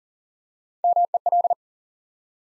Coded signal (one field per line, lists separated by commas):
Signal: Morse code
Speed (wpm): 42 wpm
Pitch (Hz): 700 Hz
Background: none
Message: MEL